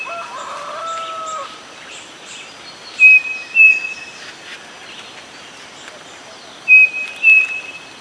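Bird calling with two pairs of short, pure whistles, the pairs a few seconds apart, over steady background noise.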